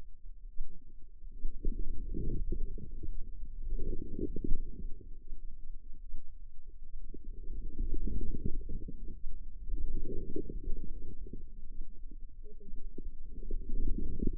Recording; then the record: forearm muscle sounds (acoustic myography)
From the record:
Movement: inward rotation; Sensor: system 2, bracelet of six BSWA MPA416 microphones around the upper forearm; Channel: 1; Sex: female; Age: 25 years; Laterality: right